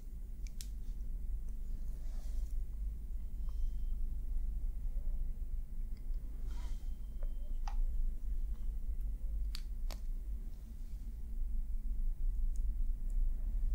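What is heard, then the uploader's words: Face brushing and stroking with a steady low rumble underneath throughout. Soft swishing strokes come and go, with brief bright scratchy ticks and crisp snips scattered every second or two, notably around 0.5, 2.5, 6.5 and 9.5 seconds. ASMR POV Friend Gives You Personal Attention for Sleep ~ face brushing, stroking & massage.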